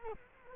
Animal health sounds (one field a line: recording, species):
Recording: mosquito wingbeat signal from an infrared sensor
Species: Culex quinquefasciatus